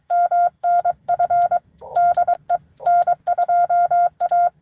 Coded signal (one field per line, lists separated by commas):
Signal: Morse code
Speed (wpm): 22 wpm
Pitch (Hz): 700 Hz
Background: none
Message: MNF DE N2A